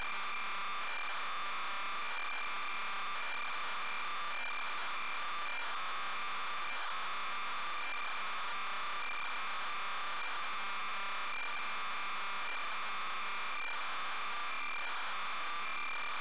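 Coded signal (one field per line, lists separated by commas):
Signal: computer data on cassette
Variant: Amstrad CPC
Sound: harsh continuous buzzing screech with steady tones, like noisy tape data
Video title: Darkman (Amstrad CPC) - Full tape loading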